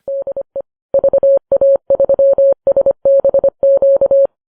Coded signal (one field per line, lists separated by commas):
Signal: Morse code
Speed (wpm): 25 wpm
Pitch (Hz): 550 Hz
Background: none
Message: DE VA3SBQ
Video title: Everywhere, all at once: Episode 85—East and West, north and south, 1944